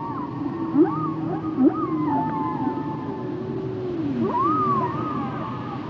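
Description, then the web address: Whale song with arching whistled tones near a steady pitch and sharp low upsweeps, overlapping moans. "Natures Songs Whale Songs Whales and Dolphins - whale nature sounds songs"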